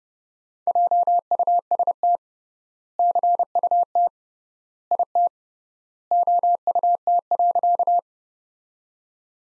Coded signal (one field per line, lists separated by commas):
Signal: Morse code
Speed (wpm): 32 wpm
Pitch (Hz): 700 Hz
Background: none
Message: JUST CUT IT OUT.